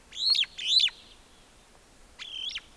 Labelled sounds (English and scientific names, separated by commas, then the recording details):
Superb Starling (Lamprotornis superbus) flight call
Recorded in Kenya